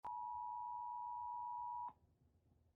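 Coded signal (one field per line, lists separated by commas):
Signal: Emergency Alert System (SAME) tones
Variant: 853 and 960 Hz attention tone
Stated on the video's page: Remade, not real, EAS tsunami alert with valid tones.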